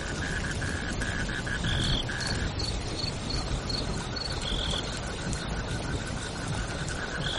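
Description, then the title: Crickets trilling, broken into short pulses early on and then steady, under a constant hiss of rain. Crickets calling during rain. "suara Hujan Guntur Suara Jangkrik Dan Burung"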